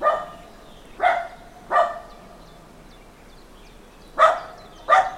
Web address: Hollywood Edge Historical Series Traffic Free BG's Small Farmyard Dog Barking